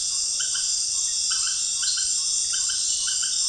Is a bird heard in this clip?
no